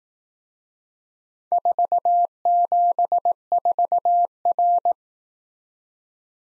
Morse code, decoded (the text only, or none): 474R